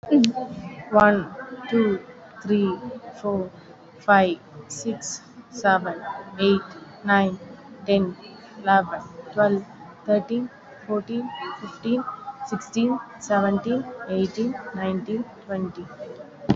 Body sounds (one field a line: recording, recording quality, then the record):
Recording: counting at a normal pace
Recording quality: excellent, no background noise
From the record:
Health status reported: COVID-19 positive, mild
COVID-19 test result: positive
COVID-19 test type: RT-PCR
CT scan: not taken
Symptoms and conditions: cough, loss of smell and taste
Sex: female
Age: 32 years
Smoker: no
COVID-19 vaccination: one dose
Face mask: worn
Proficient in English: yes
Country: India